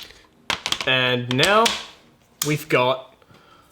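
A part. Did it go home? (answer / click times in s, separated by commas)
yes / 0.5 s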